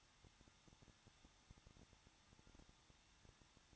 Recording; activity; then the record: daily activity, microphone in the room; no activity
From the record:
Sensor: 3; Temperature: 21.2 degrees Celsius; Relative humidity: 36.3%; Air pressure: 1006.2 hPa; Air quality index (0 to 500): 222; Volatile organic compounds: 41 ppm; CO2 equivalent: 3170 ppm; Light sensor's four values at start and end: 2/3/2/2 and 2/3/2/2